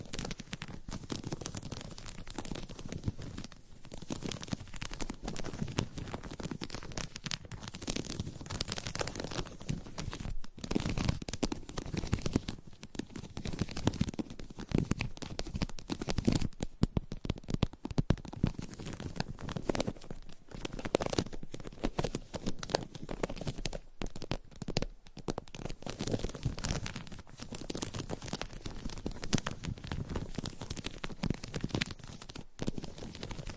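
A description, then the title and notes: Dense, continuous scratching and tapping on a surface, with rapid irregular scrapes and brief taps throughout, rough and mostly low to mid in tone. ASMR Surface Scratching - Tapping - Tracing.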